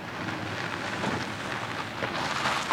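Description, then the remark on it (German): Steady rain pours down in a dense, even hiss, with a low rumble underneath and no voices. The wash of sound stays at a constant level throughout. “Belair war hinter dem Regen verborgen”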